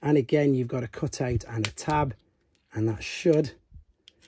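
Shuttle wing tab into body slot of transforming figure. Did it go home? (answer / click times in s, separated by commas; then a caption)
yes / 4.1 s. Someone talks while folding the stiff wing of the shuttle over on the Transformers Legacy United Galaxy Shuttle (Speedia/Velocitron Leader Class figure) and pushing its plastic wing tab into the body slot. The tab clicks into place at 4.1 s with a short, sharp snap, followed by a fainter sound at 4.3 s, and the wing is seated.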